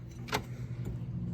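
An amber Signature Lux LED DRL board is pushed by hand into the plastic headlight housing of a 2024+ Ford Ranger Raptor, with a steady low hum beneath. A brief, sharp rattling burst of handling noise peaks at about 0.4 s, then quieter handling follows. Nothing has seated or clicked yet.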